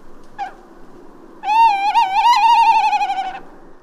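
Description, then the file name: Tawny owl gives a brief soft note, then a long quavering hoot lasting about two seconds with a rapid tremolo, over steady low background noise. "Chouette hulotte"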